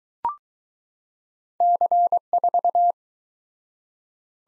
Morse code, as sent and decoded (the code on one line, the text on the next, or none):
-.-. ....-
C4